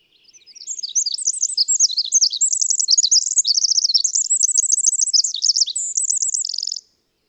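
Bird song, a lively high warble of rapid chirps and looping notes, closing with a short buzzy trill, then silence.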